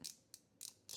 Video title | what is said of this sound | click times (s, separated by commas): Quick Start Guide "Reading an Inch Micrometer" | Make sure you hear the ratchet. | 0.1 s, 0.3 s, 0.6 s